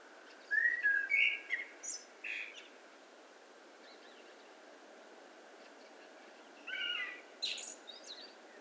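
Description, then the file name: Common blackbird song phrase of warm, fluty whistles closing in high chattering notes. A softer, similar phrase follows after a pause. "Turdus merula"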